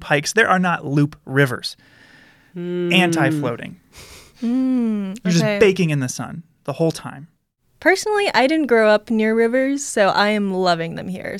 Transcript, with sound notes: Loop hikes, there are not loop rivers. Anti floating. [laughs] You're just baking in the sun the whole time.
Personally, I didn't grow up near rivers, so I am loving them here.